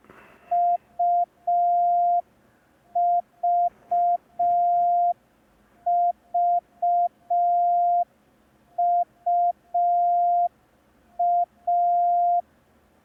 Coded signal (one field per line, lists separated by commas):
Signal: Morse code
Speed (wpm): 5 wpm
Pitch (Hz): 700 Hz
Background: none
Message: UVVUA